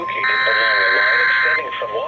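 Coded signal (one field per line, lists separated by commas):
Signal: Emergency Alert System (SAME) tones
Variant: header bursts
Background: speech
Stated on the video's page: Severe Thunderstorm Warning received on a NOAA weather radio station.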